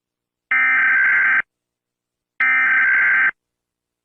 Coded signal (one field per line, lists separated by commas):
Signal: Emergency Alert System (SAME) tones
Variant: header bursts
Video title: EAS alarm for nuclear bomb